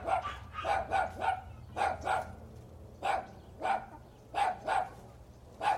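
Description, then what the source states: Small dog barking: repeated yappy barks, singly and in short groups, with short pauses between them. Small dog barking at TJ Ranch.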